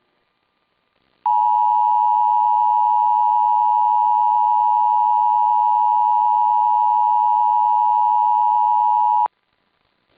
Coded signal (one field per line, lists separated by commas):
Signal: Emergency Alert System (SAME) tones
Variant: 853 and 960 Hz attention tone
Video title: (CANCELLED) GEORGIA AMBER ALERT - EAS #22 (1/7/2021)